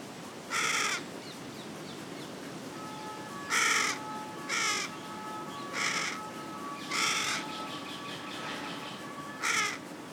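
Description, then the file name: Carrion crow calling with hoarse caws, six calls spread over ten seconds, with a faint steady whistling tone running underneath some of them. "Corvus corone"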